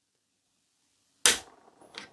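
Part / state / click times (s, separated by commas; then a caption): torque wrench on scope ring screw / torque reached / 1.3 s. A torque wrench tightens a riflescope ring screw until it breaks over with a sharp click at 1.2 s, signaling the screw has reached its set torque. Another faint tick follows at about 2.0 s.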